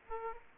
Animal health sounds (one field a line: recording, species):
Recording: mosquito wingbeat signal from an infrared sensor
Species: Aedes aegypti